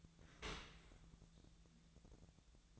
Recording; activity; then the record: daily activity, microphone in the room; open dishwasher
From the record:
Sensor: 3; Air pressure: 1000.5 hPa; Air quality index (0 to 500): 174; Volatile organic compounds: 3 ppm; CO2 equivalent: 1508 ppm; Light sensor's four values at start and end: 13/35/14/15 and 13/35/14/15